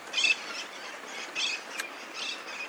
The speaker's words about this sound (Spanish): Y el sonido de muchas aves en al mismo tiempo, o sea, de muchas bandurrias o de muchos loros. Para mí eso de niño siempre me llamó la atención en cuanto a sonoridad, harta flora y fauna, como decía.